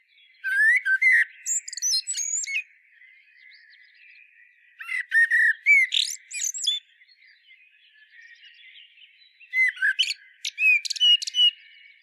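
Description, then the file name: Common blackbird song: three phrases, each a low fluty warble followed by high squeaky twittering, separated by short pauses. "Turdus merula"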